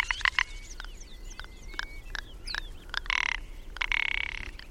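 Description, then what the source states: Ptarmigan: croaking, pulsed rattles, two loud ones late, among thin chirps and whistles. Well adapted bird whose plumage turns white in winter, with feathered feet; described as having an incredible call.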